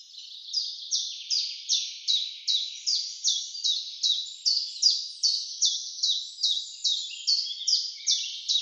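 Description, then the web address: Common chiffchaff song: a sustained series of high, clipped downslurred notes at a steady pace, about twenty in a row. "Schulze Peter Common Chiffchaff song"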